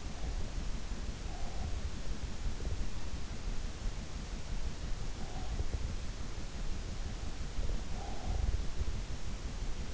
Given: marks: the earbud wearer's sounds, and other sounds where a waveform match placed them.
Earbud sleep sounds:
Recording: sounds in sleep by an in-ear microphone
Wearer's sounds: breath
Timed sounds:
0.00-2.14 s: breath
4.07-5.75 s: breath
7.05-8.99 s: breath

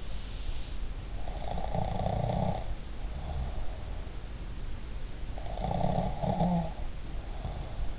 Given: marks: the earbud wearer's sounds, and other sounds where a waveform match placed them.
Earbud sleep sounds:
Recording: sounds in sleep by an in-ear microphone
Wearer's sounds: snoring breath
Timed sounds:
1.29-3.99 s: snoring breath
5.54-7.99 s: snoring breath

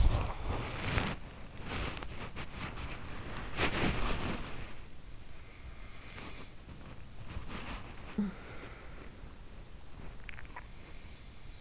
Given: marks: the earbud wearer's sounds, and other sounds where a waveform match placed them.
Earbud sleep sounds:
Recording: sounds in sleep by an in-ear microphone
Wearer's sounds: body movement, talking in sleep, swallowing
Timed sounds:
0.00-11.61 s: body movement
5.46-7.65 s: sound from someone else or the room
7.96-8.50 s: talking in sleep
10.15-10.95 s: swallowing

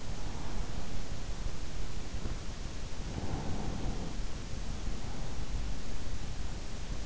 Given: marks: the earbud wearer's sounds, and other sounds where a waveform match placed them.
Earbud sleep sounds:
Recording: sounds in sleep by an in-ear microphone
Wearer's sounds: breath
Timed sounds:
0.25-2.14 s: breath
3.17-5.51 s: breath

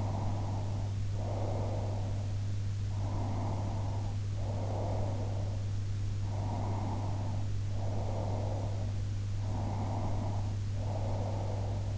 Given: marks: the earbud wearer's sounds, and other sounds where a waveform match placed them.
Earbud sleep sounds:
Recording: sounds in sleep by an in-ear microphone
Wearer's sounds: breath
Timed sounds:
0.00-2.13 s: breath
3.04-5.68 s: breath
6.43-8.85 s: breath
9.43-11.98 s: breath

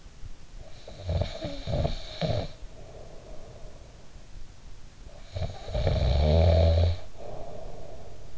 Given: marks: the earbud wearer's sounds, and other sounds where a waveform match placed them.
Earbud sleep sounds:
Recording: sounds in sleep by an in-ear microphone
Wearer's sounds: snoring breath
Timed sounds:
0.48-3.99 s: snoring breath
5.00-8.38 s: snoring breath

